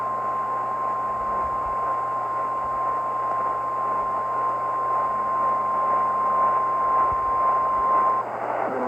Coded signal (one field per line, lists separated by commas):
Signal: Emergency Alert System (SAME) tones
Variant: 1050 Hz attention tone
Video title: Storms & Fires - EAS Alerts From 3/4/26 - 3/8/26 (EAS #5148-5158)